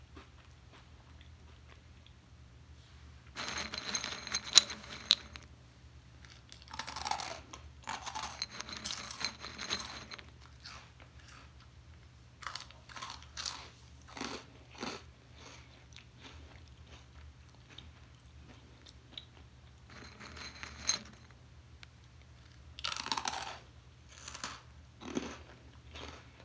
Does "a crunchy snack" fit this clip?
yes